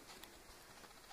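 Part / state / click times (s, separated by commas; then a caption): touchscreen flex cable connector into tablet mainboard socket / not seated / none. During reassembly of an LG VK815 tablet after a touchscreen replacement, the touchscreen's flat flex cable connector is being pressed into its mainboard socket. Only faint, steady broadband handling noise is heard, with no sharp transient. Nothing has seated or clicked yet.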